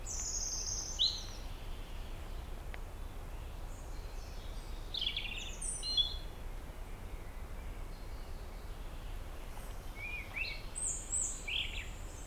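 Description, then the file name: European robin song, thin high warbled phrases and trills scattered over twelve seconds, some sliding down, over a steady low rumble of background noise. "Erithacus rubecula"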